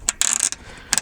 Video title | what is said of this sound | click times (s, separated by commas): WHY YOU SHOULD BUY A HARD SHELL RTT - PITTMAN OUTDOORS ROOFTOP TENT REVIEW + HOW TO USE - MUST WATCH | same thing here lock it into place just like that | 0.1 s, 0.2 s, 0.9 s